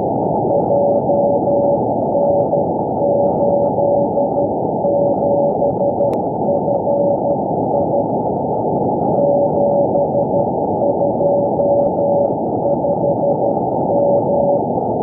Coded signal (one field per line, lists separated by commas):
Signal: Morse code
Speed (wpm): 12 wpm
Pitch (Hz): 570 Hz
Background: none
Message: JN87FI 725M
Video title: HG1BVC Beacon - 70.06 MHz